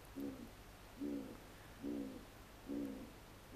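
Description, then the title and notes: Great Grey Owl giving four low, muffled hoots roughly one second apart, and the start of a fifth, against a hissy background. "Lapinpöllö. Juha Laaksonen. Yle"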